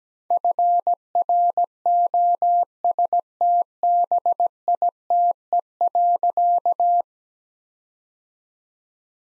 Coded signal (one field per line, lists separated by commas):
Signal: Morse code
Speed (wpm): 17 wpm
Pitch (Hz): 700 Hz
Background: none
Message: FROSTBITE.